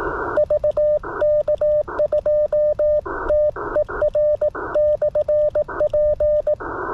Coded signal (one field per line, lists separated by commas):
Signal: Morse code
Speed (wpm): 19 wpm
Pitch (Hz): 600 Hz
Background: radio noise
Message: VK2TER/P